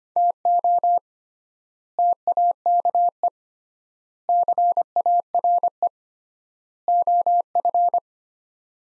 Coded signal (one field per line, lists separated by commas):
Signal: Morse code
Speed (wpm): 25 wpm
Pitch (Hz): 700 Hz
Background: none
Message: TO TAKE CARE OF